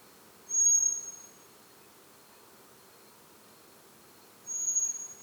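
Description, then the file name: Common blackbird calls: two long, thin, very high whistles about four seconds apart against a quiet hissing background. "Turdus merula"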